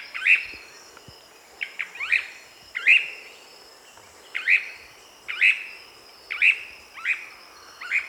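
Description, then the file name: Cryptic treehunter giving a series of sharp, emphatic chip notes at uneven intervals, accompanied by a continuous thin high whine. "suara panggilan burung cryptic treehunter omkicau"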